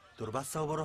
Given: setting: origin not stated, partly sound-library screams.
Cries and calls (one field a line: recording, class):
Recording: one-second piece from a danger detection set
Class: normal situation